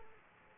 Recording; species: mosquito wingbeat signal from an infrared sensor; Aedes aegypti